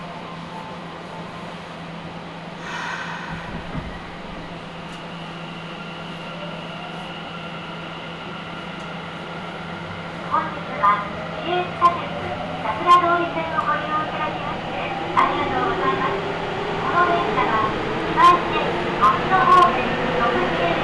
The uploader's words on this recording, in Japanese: 名古屋市営地下鉄桜通線 太閤通→徳重。桜通線の太閤通から徳重までの全区間を乗った時のものです。